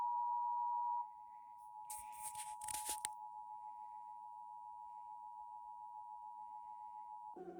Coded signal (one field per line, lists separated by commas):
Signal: Emergency Alert System (SAME) tones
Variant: 853 and 960 Hz attention tone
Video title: Severe Thunderstorm Warning EAS#151